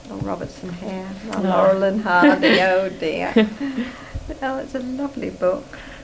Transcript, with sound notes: .Oh, Robertson Hare.
Aw.
Laurel and Hardy. [laughs] Oh dear. Oh, it's a lovely book.